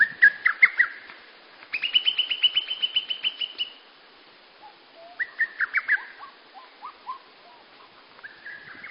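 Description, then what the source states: Bird song with sharp chirped phrases and a long, high, rapid trill, followed by lower whistled notes and more chirps. Singing at dawn.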